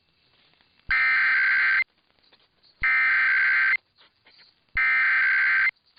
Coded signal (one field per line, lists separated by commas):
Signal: Emergency Alert System (SAME) tones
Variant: header bursts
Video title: [EAS #2400-#2416] Do you like RMTs & RWTs? This is the video for you.